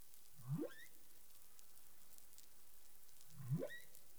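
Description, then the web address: Humpback whale calls: two fast rising upsweeps about three seconds apart, climbing steeply from low to high pitch, over steady underwater hiss. Caribbean waters; recorded 20 April 2021 at 03:38 UTC. "CARIMAM. humpback whale 20210420 033842 UTC"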